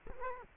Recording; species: mosquito wingbeat signal from an infrared sensor; Culex quinquefasciatus